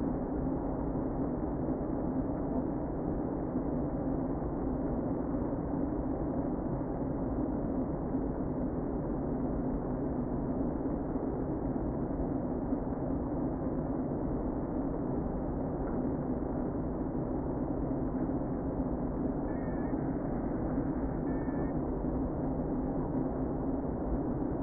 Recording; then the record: honeybee colony, microphone inside the hive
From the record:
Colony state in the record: queen present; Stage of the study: before two queens were removed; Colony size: about 60,000 bees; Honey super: yes